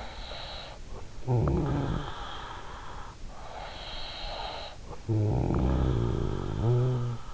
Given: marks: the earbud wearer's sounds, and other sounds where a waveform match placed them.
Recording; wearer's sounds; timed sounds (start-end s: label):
sounds in sleep by an in-ear microphone; snoring breath
0.14-2.54 s: snoring breath
3.40-7.34 s: snoring breath